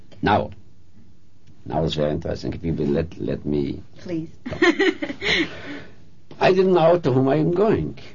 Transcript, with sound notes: Now -- now is very interesting. If you will let - let me --?
Please. (laughs)
I didn't know to whom I am going.